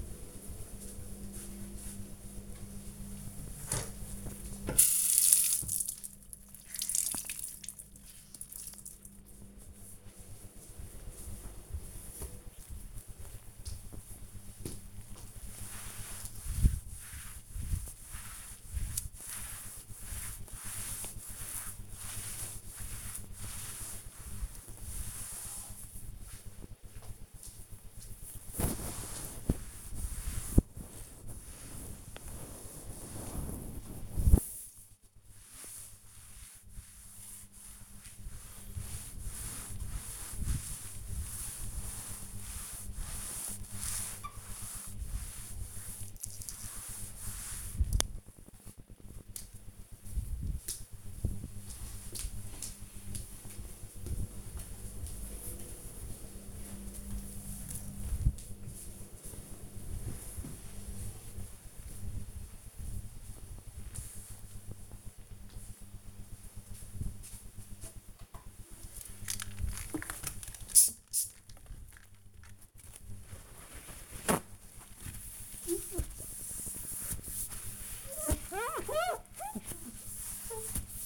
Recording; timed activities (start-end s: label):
household activities, microphone on the right wrist
1.61-48.04 s: cleaning table
68.22-81.06 s: window cleaning